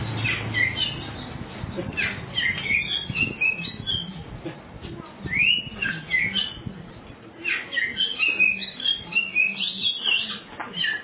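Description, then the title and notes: Oriental magpie-robin song: a long run of varied whistles, chirps and rapid warbled phrases, with a short pause midway, over a low background rumble. "suara kacer. kumpulan suara burung kacer"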